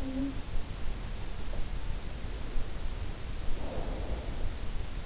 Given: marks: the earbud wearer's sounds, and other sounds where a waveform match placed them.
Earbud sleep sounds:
sounds in sleep by an in-ear microphone; talking in sleep, snoring breath
0.00-0.45 s: talking in sleep
3.57-4.25 s: snoring breath

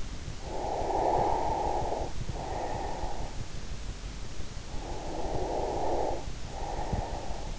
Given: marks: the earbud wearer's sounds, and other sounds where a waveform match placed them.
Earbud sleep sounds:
sounds in sleep by an in-ear microphone; breath
0.58-3.46 s: breath
4.82-7.58 s: breath

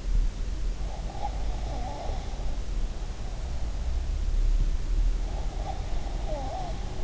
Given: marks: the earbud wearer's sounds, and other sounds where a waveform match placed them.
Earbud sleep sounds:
sounds in sleep by an in-ear microphone; breath
0.57-2.38 s: breath
5.27-7.03 s: breath

